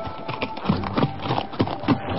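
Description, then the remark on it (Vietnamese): Rapid hoofbeats of a horse galloping with a rider along a main road pound out an uneven, driving rhythm of dull thuds, steady and fairly loud throughout with no voices. “Bỗng nghe tiếng gió ngựa dồn dập, trên đường cái một người phi ngựa chạy như bay tới.”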